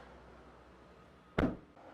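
A car door on a small hatchback, possibly the rear door or hatch, is swung shut. After a quiet, steady background, a single sharp, loud slam at 1.4 s marks the latch catching on the body striker, and the door is seated.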